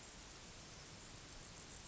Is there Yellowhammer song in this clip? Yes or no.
no